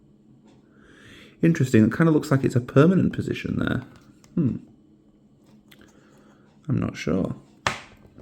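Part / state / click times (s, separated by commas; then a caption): plastic model part into model housing / seated / 7.7 s. Someone talks while hesitating over a plastic part of a partwork model, then pushes it home into the model housing. A sharp snap sounds at 7.7 s as the part locks into place.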